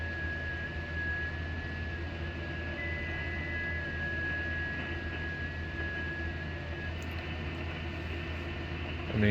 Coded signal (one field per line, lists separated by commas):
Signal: FT8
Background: speech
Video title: Poor mans ft8 ham radio method